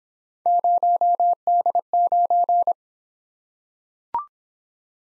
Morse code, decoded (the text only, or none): 0D9